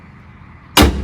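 After its hood struts are returned from service position, a Mercedes's steel hood is lowered gently and shut into its front latch. A quiet low background gives way to a single sharp, loud hit at 0.8 s that rings briefly and fades. The hood latch catches, and the hood is seated.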